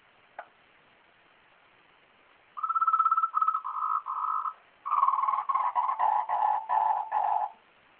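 Frog croaks in pulsed bursts: a brief click, then a few short even notes, then a run of several rapid rattling pulses.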